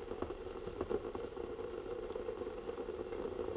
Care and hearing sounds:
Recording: daily activity, microphone in the room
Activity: make coffee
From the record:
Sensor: 4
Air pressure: 992.5 hPa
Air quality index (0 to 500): 142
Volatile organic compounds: 76 ppm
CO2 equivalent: 3573 ppm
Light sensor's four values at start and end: 18/61/22/23 and 17/60/22/23

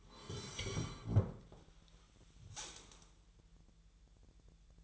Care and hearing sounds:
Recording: daily activity, microphone in the room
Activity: sit down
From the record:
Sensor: 3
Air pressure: 1001.8 hPa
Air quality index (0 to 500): 248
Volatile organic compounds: 127 ppm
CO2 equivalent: 3914 ppm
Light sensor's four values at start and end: 10/23/10/10 and 9/21/9/9

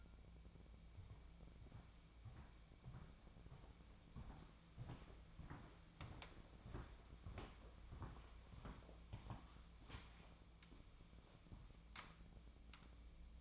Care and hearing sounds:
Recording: daily activity, microphone in the room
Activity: walk to room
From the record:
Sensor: 1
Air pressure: 1000.0 hPa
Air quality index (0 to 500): 131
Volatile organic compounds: 2 ppm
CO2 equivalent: 1239 ppm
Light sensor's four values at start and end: 42/107/45/56 and 37/95/39/49

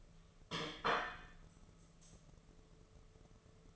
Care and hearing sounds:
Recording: daily activity, microphone in the room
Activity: place plate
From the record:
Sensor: 4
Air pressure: 1015.9 hPa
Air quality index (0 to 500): 208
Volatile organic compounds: 13 ppm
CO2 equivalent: 2396 ppm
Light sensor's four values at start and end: 12/28/11/11 and 12/28/11/11

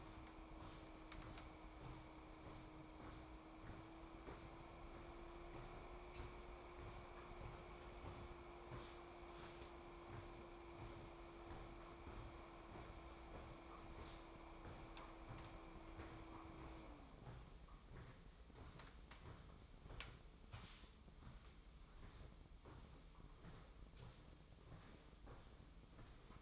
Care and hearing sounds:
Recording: daily activity, microphone in the room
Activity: walk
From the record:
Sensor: 1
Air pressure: 1005.6 hPa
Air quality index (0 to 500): 126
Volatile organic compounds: 5 ppm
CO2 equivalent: 1772 ppm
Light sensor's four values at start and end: 11/26/11/11 and 11/27/11/12

